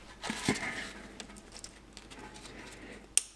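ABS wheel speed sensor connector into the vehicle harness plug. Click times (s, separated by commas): 3.2 s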